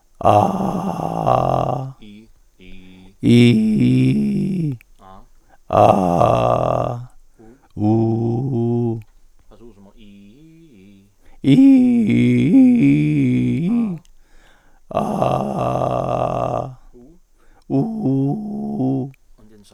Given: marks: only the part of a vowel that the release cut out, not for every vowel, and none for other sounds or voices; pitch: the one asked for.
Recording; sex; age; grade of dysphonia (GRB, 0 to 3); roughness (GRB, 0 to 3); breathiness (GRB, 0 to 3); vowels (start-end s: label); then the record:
sustained vowels; male; 50 to 59 years; 3; 3; 2
0.45-1.65 s: vowel /a/, low pitch
3.29-4.49 s: vowel /i/, low pitch
7.86-8.92 s: vowel /u/, low pitch
12.12-13.60 s: vowel /i/, low-high-low pitch
15.23-16.59 s: vowel /a/, low-high-low pitch
18.07-19.01 s: vowel /u/, low-high-low pitch
From the record:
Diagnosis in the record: hypofunctional dysphonia, gastroesophageal reflux disease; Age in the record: 59 years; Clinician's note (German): Hypofunktionelle Dysphonie + GERD (gastro-oesophagaler Reflux)